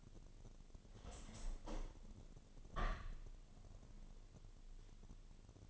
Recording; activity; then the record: daily activity, microphone in the room; open window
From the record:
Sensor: 4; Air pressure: 1007.2 hPa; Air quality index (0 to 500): 182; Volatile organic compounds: 5 ppm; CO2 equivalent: 1818 ppm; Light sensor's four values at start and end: 23/73/28/27 and 23/73/28/27